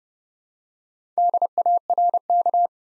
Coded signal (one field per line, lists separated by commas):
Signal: Morse code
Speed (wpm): 30 wpm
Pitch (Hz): 700 Hz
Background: none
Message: DARK